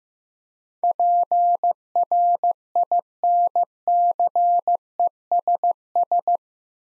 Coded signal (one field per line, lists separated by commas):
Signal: Morse code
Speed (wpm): 15 wpm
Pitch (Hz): 700 Hz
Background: none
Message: PRINCESS